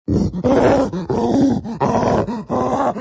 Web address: cri excite dun gorille